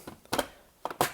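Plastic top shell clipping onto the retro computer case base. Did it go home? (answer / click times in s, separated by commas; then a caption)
yes / 0.3 s, 0.8 s, 1.0 s. The plastic top shell of a C64 Maxi case is pressed down onto its base with a Raspberry Pi 4 fitted inside. Several sharp plastic clicks are heard, the main snaps at about 0.3, 0.9 and 1.0 seconds. The shell halves clip shut and the case is closed.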